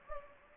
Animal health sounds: mosquito wingbeat signal from an infrared sensor; Anopheles gambiae

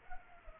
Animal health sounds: mosquito wingbeat signal from an infrared sensor; Culex pipiens

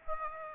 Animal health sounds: mosquito wingbeat signal from an infrared sensor; Aedes aegypti

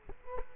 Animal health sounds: mosquito wingbeat signal from an infrared sensor; Culex quinquefasciatus

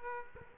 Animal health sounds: mosquito wingbeat signal from an infrared sensor; Aedes aegypti

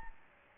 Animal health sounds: mosquito wingbeat signal from an infrared sensor; Aedes albopictus

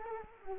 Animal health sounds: mosquito wingbeat signal from an infrared sensor; Culex quinquefasciatus

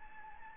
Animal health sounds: mosquito wingbeat signal from an infrared sensor; Anopheles gambiae

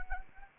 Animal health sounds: mosquito wingbeat signal from an infrared sensor; Anopheles arabiensis

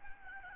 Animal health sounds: mosquito wingbeat signal from an infrared sensor; Aedes albopictus

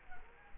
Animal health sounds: mosquito wingbeat signal from an infrared sensor; Culex quinquefasciatus

